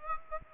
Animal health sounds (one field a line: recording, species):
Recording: mosquito wingbeat signal from an infrared sensor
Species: Aedes aegypti